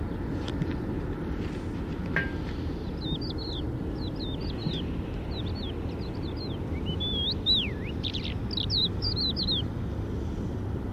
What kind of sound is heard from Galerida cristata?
song